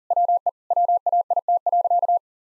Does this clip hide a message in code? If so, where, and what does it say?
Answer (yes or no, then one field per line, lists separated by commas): yes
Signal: Morse code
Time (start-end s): 0.1-2.2 s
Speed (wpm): 40 wpm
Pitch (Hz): 700 Hz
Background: none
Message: WE WAIT.